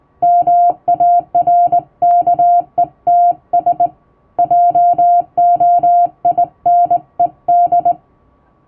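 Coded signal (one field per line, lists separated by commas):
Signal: Morse code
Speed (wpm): 20 wpm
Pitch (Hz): 700 Hz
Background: music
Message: MARKETS JOINED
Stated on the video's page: Hand-keyed plain-language international Morse for amateur receiving practice, sent by a first-class radiotelegraph operator using typing-test practice texts.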